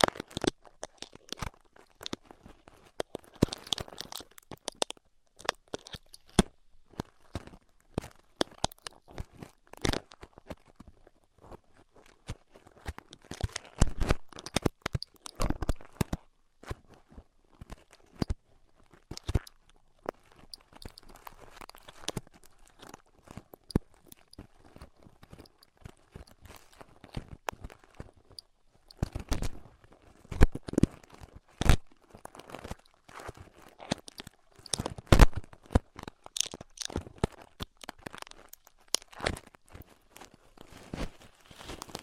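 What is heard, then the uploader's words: Intense ear triggers without talking: a dense, irregular stream of sharp crunches, crinkles and tearing sounds running the full length. Sudden bright snaps cluster in bursts, busiest around 3–5, 13–16 and 29–37 seconds, separated by softer, quieter rustling stretches. Intense Ear Triggers (No Talking).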